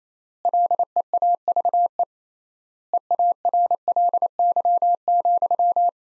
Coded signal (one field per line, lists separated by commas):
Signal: Morse code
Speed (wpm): 28 wpm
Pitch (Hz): 700 Hz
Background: none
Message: LEAVE EARLY,